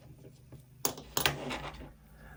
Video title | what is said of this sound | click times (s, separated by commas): Hornby Locomotion No:1 DCC SOUND FIT CONFUSION & Nine Wagon Train Haul Review - ml56 | Okay, I think I've done it. It clicked in. | 0.9 s